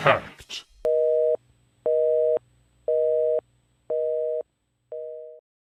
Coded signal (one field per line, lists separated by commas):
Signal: telephone call progress tone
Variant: North America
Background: speech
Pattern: busy tone